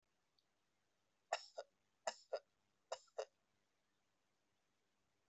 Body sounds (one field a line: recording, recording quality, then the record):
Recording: shallow voluntary cough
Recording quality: excellent, no background noise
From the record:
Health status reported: exposed to COVID-19, no respiratory illness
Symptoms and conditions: cough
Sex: male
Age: 38 years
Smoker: yes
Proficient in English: yes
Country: India